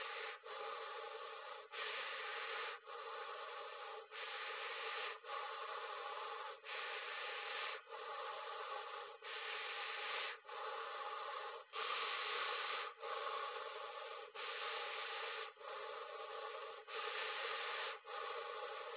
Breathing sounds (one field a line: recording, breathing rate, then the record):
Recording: paced breathing near a phone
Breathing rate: 24 breaths a minute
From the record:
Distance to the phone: 20 cm